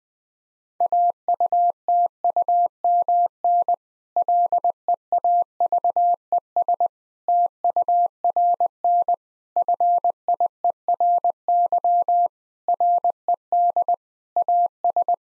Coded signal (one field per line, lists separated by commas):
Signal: Morse code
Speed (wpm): 21 wpm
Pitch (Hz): 700 Hz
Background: none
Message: AUTUMN LEAVES TURN FIERY RED AS